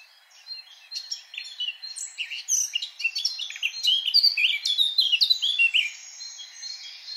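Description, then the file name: Eurasian blackcap warbling, a fast jumble of varied scratchy and clear notes, building in intensity after a quiet start. "Sylvia atricapilla"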